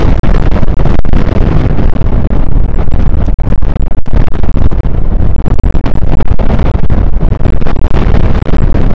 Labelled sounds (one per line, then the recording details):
wind
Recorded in the Prudhoe Bay oil fields, Alaska, on 1 August 2019 at 02:01
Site 29